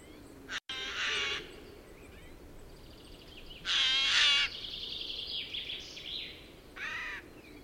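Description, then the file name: Eurasian jay giving two loud rasping screeches, then a shorter call. "Garrulus glandarius"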